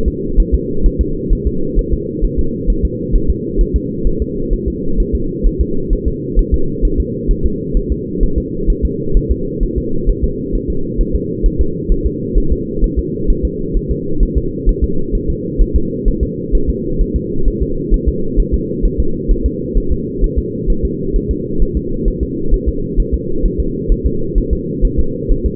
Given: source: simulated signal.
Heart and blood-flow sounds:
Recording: fetal heart sounds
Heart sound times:
0.08 s: S2
0.40 s: S1
0.55 s: S2
0.86 s: S1
1.01 s: S2
1.33 s: S1
1.47 s: S2
1.79 s: S1
1.94 s: S2
2.25 s: S1
2.39 s: S2
2.70 s: S1
2.85 s: S2
3.16 s: S1
3.30 s: S2
3.61 s: S1
3.76 s: S2
4.07 s: S1
4.22 s: S2
4.54 s: S1
4.68 s: S2
5.00 s: S1
5.15 s: S2
5.47 s: S1
5.61 s: S2
5.93 s: S1
6.08 s: S2
6.39 s: S1
6.54 s: S2
6.85 s: S1
7.00 s: S2
7.31 s: S1
7.46 s: S2
7.77 s: S1
7.92 s: S2
8.23 s: S1
8.38 s: S2
8.70 s: S1
8.85 s: S2
9.17 s: S1
9.32 s: S2
9.63 s: S1
9.78 s: S2
10.09 s: S1
10.24 s: S2
10.55 s: S1
10.70 s: S2
11.01 s: S1
11.15 s: S2
11.46 s: S1
11.61 s: S2
11.92 s: S1
12.06 s: S2
12.38 s: S1
12.52 s: S2
12.84 s: S1
12.99 s: S2
13.30 s: S1
13.45 s: S2
13.77 s: S1
13.91 s: S2
14.23 s: S1
14.38 s: S2
14.69 s: S1
14.84 s: S2
15.15 s: S1
15.30 s: S2
15.62 s: S1
15.76 s: S2
16.08 s: S1
16.23 s: S2
16.55 s: S1
16.70 s: S2
17.02 s: S1
17.16 s: S2
17.48 s: S1
17.62 s: S2
17.94 s: S1
18.09 s: S2
18.40 s: S1
18.54 s: S2
18.86 s: S1
19.00 s: S2
19.31 s: S1
19.46 s: S2
19.78 s: S1
19.92 s: S2
20.24 s: S1
20.39 s: S2
20.70 s: S1
20.85 s: S2
21.16 s: S1
21.31 s: S2
21.62 s: S1
21.77 s: S2
22.08 s: S1
22.23 s: S2
22.54 s: S1
22.69 s: S2
23.00 s: S1
23.14 s: S2
23.46 s: S1
23.60 s: S2
23.92 s: S1
24.06 s: S2
24.38 s: S1
24.53 s: S2
24.85 s: S1
25.00 s: S2
25.32 s: S1
25.46 s: S2
From the record:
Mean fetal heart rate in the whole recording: 130 bpm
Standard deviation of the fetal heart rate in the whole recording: 2 bpm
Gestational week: 38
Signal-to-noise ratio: -8.1 dB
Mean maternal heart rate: 72 bpm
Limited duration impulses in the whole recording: absent

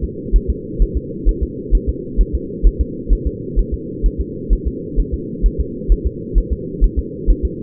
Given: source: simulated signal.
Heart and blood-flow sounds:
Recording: fetal heart sounds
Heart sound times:
0.04 s: S2
0.36 s: S1
0.50 s: S2
0.82 s: S1
0.97 s: S2
1.29 s: S1
1.43 s: S2
1.75 s: S1
1.89 s: S2
2.21 s: S1
2.35 s: S2
2.66 s: S1
2.81 s: S2
3.13 s: S1
3.27 s: S2
3.59 s: S1
3.74 s: S2
4.06 s: S1
4.21 s: S2
4.53 s: S1
4.67 s: S2
4.99 s: S1
5.14 s: S2
5.46 s: S1
5.60 s: S2
5.92 s: S1
6.06 s: S2
6.38 s: S1
6.52 s: S2
6.84 s: S1
6.99 s: S2
7.30 s: S1
7.45 s: S2
From the record:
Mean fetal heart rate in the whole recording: 130 bpm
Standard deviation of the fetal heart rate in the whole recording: 2 bpm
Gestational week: 36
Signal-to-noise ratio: -4.1 dB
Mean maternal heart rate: no maternal heart sound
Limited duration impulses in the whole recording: absent

